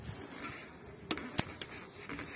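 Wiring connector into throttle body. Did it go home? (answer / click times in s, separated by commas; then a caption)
yes / 1.6 s. An electrical wiring connector is pushed onto the throttle body of a Chevrolet / Ravon Gentra (Daewoo) after the throttle body was cleaned without resetting adaptation. Over quiet background noise, sharp clicks are heard at about 1.1 s and 1.4 s, and the final sharp click at 1.6 s is the connector seating. The connector is confirmed clicked in and seated.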